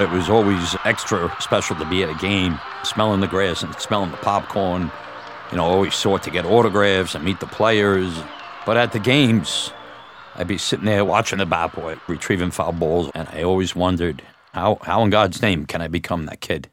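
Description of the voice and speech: A man speaks fluently and clearly at a steady pace in a low voice; ordinary speech.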